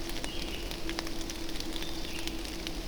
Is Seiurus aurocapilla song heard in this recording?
no